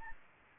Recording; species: mosquito wingbeat signal from an infrared sensor; Aedes albopictus